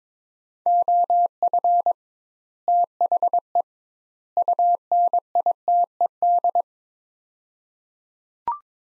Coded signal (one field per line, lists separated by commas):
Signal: Morse code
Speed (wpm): 22 wpm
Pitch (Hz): 700 Hz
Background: none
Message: OF THE UNITED